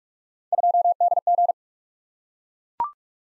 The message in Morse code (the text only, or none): 2DG